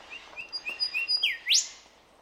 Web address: Sound Effects-Foundation 1 BIRD AUSTRALIAN UNKNOWN SEQUENCE 02